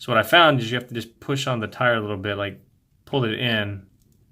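Someone talks while pushing on and pulling in the tire of the wheel piece on a FansToys FT 24 Rouge (Masterpiece Arcee) plastic and metal transforming toy figure, working it into the body joint. Only two faint ticks are heard near the end at 4.0 and 4.1 seconds; the wheel has not popped into place and nothing has seated yet.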